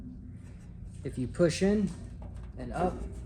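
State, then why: Not seated. A metal drawer slide, its back tab engaged, is handled against the side wall of a Snap-on toolbox cabinet during a slide replacement, ready to be pushed in and up. Someone talks over a low steady background hum. Nothing has seated or clicked yet by the end of the clip.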